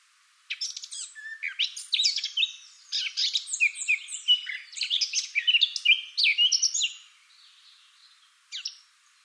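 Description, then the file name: Eurasian blackcap giving a long, fast, scratchy warble of dense, varied notes for about six seconds, followed by quiet and one short final note. "Sylvia atricapilla"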